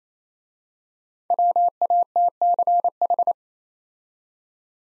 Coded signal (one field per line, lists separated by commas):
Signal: Morse code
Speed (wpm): 27 wpm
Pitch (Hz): 700 Hz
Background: none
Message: WATCH